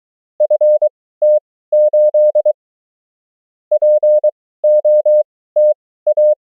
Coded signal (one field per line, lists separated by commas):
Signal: Morse code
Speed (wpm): 23 wpm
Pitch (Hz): 600 Hz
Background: none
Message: FT8 POTA